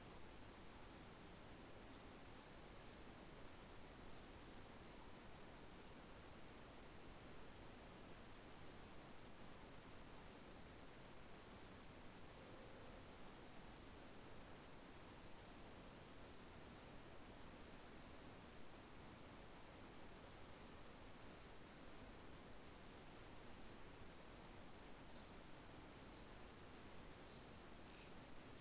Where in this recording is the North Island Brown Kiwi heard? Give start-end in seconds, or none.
none